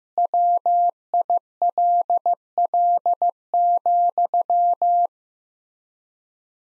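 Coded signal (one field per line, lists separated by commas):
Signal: Morse code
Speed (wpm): 15 wpm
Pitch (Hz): 700 Hz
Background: none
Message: WILL,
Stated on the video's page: Morse practice sentences at 15 wpm with 3x standard word spacing, a word-based method analogous to Farnsworth.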